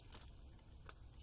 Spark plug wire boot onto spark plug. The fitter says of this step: Second one. Hear a clip. There.